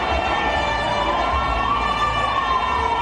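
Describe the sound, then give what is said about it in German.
Emergency sirens from a fire engine and an ambulance wail steadily over a dense crowd murmur at a huge protest demonstration in Barcelona on 8 March 2019, as the crowd clears a lane for them. The tones slide slowly in pitch for the whole stretch. “Feuerwehr kommt, eine Gasse wird freigemacht, ein Rettungswagen, die müssen hier durch.”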